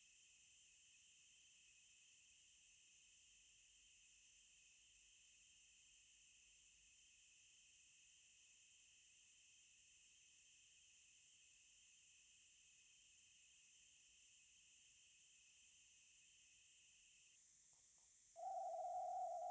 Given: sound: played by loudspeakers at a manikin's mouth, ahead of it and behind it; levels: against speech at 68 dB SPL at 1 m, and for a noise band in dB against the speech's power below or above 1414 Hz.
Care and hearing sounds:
test signals for a remote microphone
0.00-17.36 s: noise band at 2828 Hz, as loud as that band is in speech
18.36-19.51 s: noise band at 707 Hz, -10 dB
From the record:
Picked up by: remote microphone D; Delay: 24 ms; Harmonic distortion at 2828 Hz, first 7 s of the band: under -7 dB (system noise only)

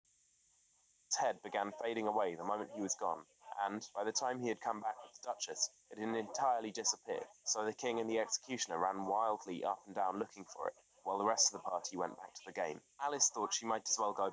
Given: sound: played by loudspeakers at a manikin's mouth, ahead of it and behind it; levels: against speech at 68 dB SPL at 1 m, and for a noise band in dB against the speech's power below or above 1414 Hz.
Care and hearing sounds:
test signals for a remote microphone
1.11-14.33 s: man speaking, babble ahead at +6 dB SNR for speech at 1 m
From the record:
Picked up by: remote microphone B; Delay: 24 ms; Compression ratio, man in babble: 1.70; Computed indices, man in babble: HASPI 0.999, HASQI 0.276 (non-linear 0.326, linear 0.847), ESTOI 0.728

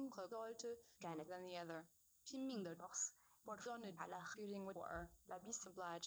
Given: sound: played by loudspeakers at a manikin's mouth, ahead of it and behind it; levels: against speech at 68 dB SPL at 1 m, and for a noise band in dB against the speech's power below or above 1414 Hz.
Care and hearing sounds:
test signals for a remote microphone
0.00-6.06 s: speech test signal (ISTS)
From the record:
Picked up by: remote receiver E, fed by microphone B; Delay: 43 ms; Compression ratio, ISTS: 2.13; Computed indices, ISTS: SII 0.995, HASPI 0.992, HASQI 0.396 (non-linear 0.450, linear 0.880), ESTOI 0.808

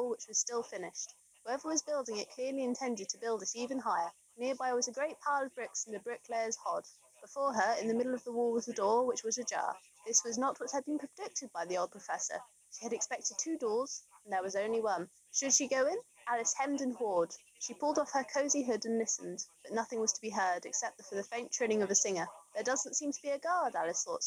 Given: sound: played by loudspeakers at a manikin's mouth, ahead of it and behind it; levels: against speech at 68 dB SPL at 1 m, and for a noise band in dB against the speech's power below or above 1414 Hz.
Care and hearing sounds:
test signals for a remote microphone
0.00-24.27 s: woman speaking, babble ahead at +6 dB SNR for speech at 1 m
From the record:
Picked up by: remote microphone C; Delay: 23 ms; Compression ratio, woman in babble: 1.51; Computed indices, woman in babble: HASPI 0.867, HASQI 0.307 (non-linear 0.358, linear 0.857), ESTOI 0.784

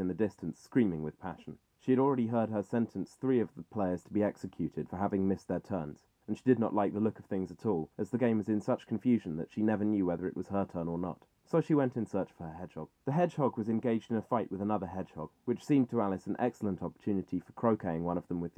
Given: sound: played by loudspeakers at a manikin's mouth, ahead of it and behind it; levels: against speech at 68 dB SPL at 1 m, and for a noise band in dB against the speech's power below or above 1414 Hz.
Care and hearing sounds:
test signals for a remote microphone
0.00-18.57 s: man speaking
From the record:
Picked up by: measurement microphone

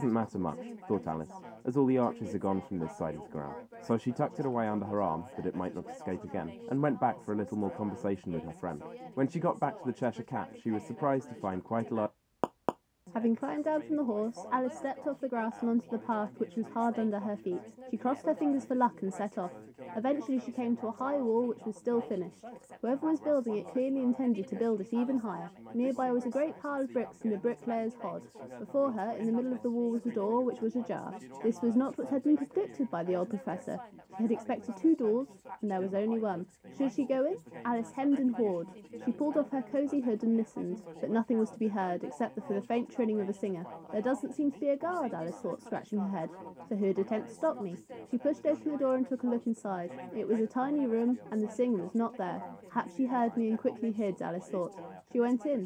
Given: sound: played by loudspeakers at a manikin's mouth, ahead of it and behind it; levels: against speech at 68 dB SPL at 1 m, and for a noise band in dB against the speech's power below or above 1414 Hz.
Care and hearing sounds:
test signals for a remote microphone
0.00-12.06 s: man speaking, babble ahead at +6 dB SNR for speech at 1 m
12.44 s: click
12.69 s: click
13.06-55.66 s: woman speaking, babble ahead at +6 dB SNR for speech at 1 m
From the record:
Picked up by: measurement microphone

